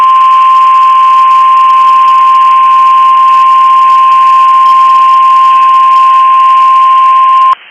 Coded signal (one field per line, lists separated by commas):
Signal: Emergency Alert System (SAME) tones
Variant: 1050 Hz attention tone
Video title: EAS #1,817 Online NOAA Weather Radio Maryland Tornado Drill 4/9/25